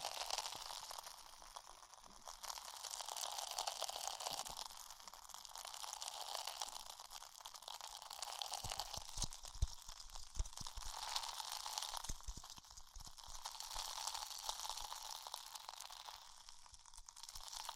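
Tingly ear exploration sounds: a dense, continuous bed of fine crackling and crinkling, bright and airy with almost nothing low. The texture swells and eases in slow waves every few seconds, and sharper taps and pops cluster between about 8 and 13 seconds.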